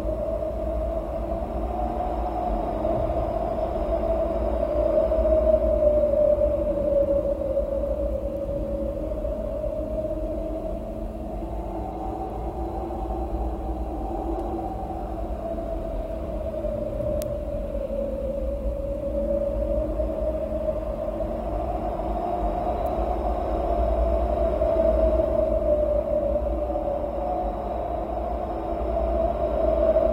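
Wind howls in a steady, moaning tone that slowly rises and falls, swelling around 6, 14 and 25 seconds. A constant low rumble runs underneath the whole time, and a couple of faint ticks come through near 17 and 23 seconds.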